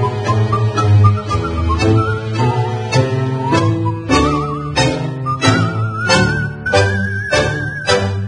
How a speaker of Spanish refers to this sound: Como es de difícil silbar, yo recuerdo solamente los … de México, que trabajaban muy bien con el silbido.